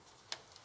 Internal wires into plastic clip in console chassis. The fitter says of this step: ça se clipse et